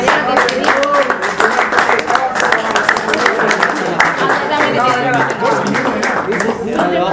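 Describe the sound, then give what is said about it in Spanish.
A steady burst of clapping from several people applauding the food keeps going for the whole stretch, mixed with overlapping voices talking and calling out over it. “La comida, un aplauso a la comida.”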